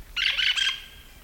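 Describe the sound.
Hispaniolan parakeet giving one short, raspy screech that trails off into a thin tone.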